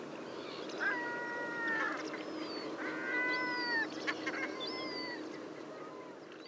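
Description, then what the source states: Caspian gull calls: three drawn-out, level whistled notes about a second long, with thin higher squeals between them. Juvenile bird, recorded at Seelhaus See.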